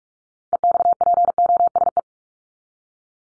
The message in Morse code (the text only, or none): EXPOSE